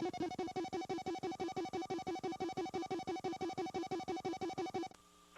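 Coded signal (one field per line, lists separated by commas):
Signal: none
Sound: video game music notes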